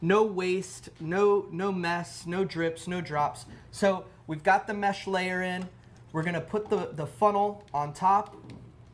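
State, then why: Not seated. Someone talks while a plastic funnel is being placed on top of a filter press over its mesh layer, on a mason jar assembly, to be twisted tight until it locks. Speech fills the clip, with only a faint brief sound near 8.5 seconds. Nothing has seated or clicked yet; the funnel is not yet locked.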